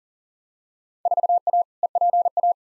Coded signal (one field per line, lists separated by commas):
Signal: Morse code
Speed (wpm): 40 wpm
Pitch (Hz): 700 Hz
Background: none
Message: 4A EPA